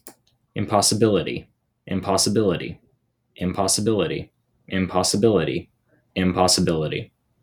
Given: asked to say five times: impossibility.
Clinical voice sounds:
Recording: repeated word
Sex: male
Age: 18 to 19 years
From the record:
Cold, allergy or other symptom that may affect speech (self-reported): no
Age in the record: 18 years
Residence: Georgia, United States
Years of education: 13

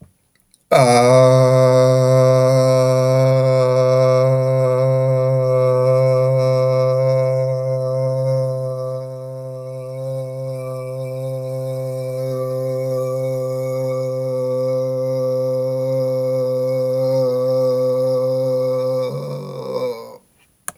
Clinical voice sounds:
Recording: vowel held as long as possible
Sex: male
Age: 30 to 39 years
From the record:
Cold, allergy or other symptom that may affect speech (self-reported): no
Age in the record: 33 years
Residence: Washington, United States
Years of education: 14

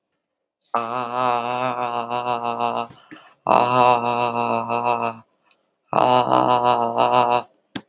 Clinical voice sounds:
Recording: vowel held as long as possible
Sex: female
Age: 30 to 39 years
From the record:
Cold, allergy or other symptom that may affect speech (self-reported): no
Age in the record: 36 years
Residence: Ohio, United States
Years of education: 14

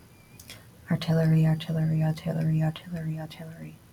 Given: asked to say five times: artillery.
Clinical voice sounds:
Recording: repeated word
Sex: female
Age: 30 to 39 years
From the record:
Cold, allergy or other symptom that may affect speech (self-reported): no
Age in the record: 36 years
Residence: Georgia, United States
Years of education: 17

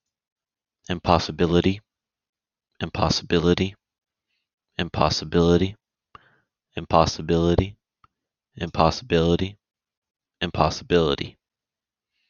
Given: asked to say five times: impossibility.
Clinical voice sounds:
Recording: repeated word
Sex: male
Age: 20 to 29 years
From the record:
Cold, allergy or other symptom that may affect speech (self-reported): no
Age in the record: 24 years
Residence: Florida, United States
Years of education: 14

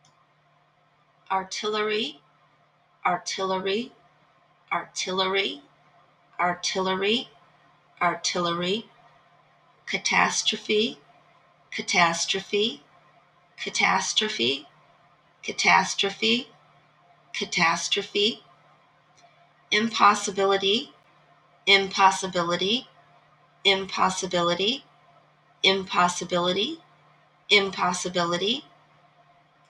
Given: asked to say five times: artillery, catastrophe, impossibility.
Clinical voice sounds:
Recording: three words, each repeated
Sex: female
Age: 40 to 49 years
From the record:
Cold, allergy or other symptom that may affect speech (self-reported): no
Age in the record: 46 years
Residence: Michigan, United States

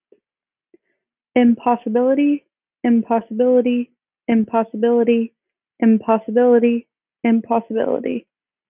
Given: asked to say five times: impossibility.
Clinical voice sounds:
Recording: repeated word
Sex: female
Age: 20 to 29 years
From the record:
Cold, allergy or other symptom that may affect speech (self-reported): no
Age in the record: 24 years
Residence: Massachusetts, United States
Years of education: 16

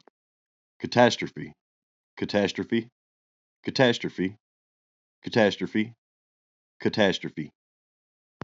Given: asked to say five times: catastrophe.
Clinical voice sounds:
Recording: repeated word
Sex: male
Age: 40 to 49 years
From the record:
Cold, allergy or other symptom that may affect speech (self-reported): no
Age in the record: 42 years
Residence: South Carolina, United States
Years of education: 16

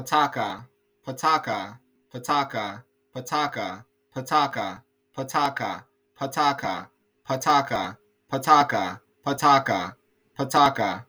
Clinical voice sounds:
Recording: repeated syllables /pa ta ka/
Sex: male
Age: 30 to 39 years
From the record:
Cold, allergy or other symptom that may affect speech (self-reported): no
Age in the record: 35 years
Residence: Oregon, United States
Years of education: 14

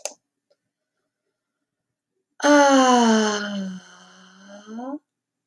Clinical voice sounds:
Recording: vowel held as long as possible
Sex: female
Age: 20 to 29 years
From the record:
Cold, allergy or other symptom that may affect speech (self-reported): no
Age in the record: 25 years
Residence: Texas, United States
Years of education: 15

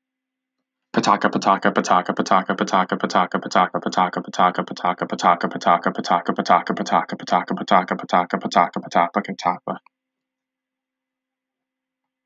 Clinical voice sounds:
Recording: repeated syllables /pa ta ka/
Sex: male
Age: 20 to 29 years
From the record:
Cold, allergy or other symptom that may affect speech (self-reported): no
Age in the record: 24 years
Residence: Indiana, United States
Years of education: 16

